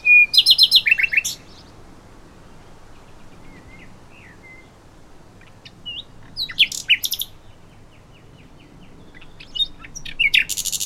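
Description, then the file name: Common nightingale giving short, varied song bursts of rapid stuttering notes, separated by long pauses holding soft, thin whistles. "Luscinia megarhynchos"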